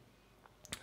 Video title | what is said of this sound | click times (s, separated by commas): How to Use the Pentax K1000: Battery, Load Film, Set ISO, Aperture & Shutter Speed | to remove the lens press this unlock button and turn it counterclockwise to | 0.7 s